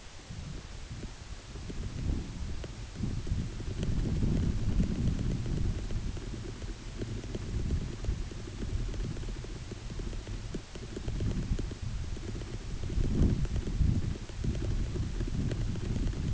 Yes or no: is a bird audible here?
no